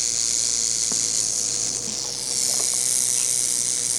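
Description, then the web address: Massasauga rattling, a continuous hissing buzz that stays even and unbroken for the whole four seconds, with faint clicks beneath it. "rattlesnake massasauga rattler rattling animal reptile"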